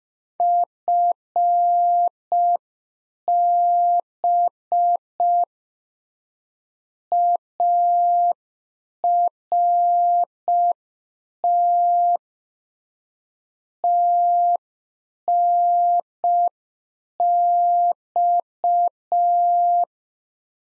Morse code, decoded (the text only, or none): FB ART TNX